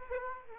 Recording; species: mosquito wingbeat signal from an infrared sensor; Aedes aegypti